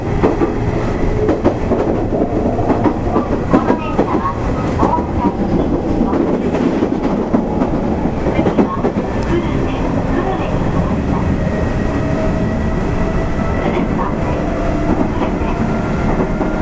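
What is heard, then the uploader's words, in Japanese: Running sound of a train heard from on board: a steady, dense low rumble fills all seventeen seconds at an even loudness. Sharp rail clicks come often during the first nine seconds, and a faint thin whine rises above the rumble later on. 西日本鉄道 8000系の走行音です。特急大牟田行きにて録音。区間は二日市から久留米までです。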